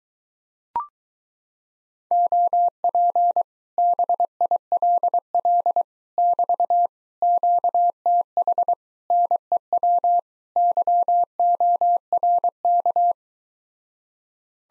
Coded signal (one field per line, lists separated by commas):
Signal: Morse code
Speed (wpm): 23 wpm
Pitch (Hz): 700 Hz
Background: none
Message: OP BILL <BT> QTH NEW YORK